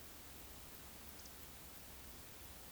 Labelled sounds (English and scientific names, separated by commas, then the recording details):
Eurasian Woodcock (Scolopax rusticola) whistle
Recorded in Baden-Württemberg, Germany, on 9 May 2021 at 19:23 UTC
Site 23718, 552 m above sea level